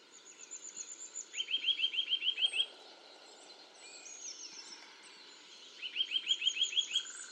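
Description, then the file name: Eurasian nuthatch, two quick trills of upslurred whistled notes separated by a few seconds, with high thin calls in the background. "Sitta europaea"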